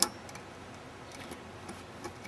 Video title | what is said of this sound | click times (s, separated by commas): How To: Replace Radiator 1998 Dodge Ram 1500 Pickup Removal & Installation | lower transmission line should slip over the fitting on the new radiator and just snap into place make sure it's fully seated | 0.0 s